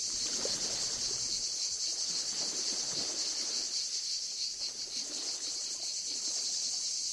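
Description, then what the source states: Cicadas singing an unbroken shrill buzzing drone. Cicadas stridulating, played back from a video; a listener comment places it at Le Lavandou and another identifies the species heard as Cicada orni.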